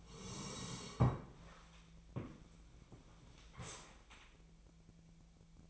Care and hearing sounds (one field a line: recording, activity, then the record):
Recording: daily activity, microphone in the room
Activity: sit down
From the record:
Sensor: 1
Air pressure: 1000.4 hPa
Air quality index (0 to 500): 179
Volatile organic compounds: 4 ppm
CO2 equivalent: 1656 ppm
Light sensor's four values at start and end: 12/29/12/14 and 12/29/12/14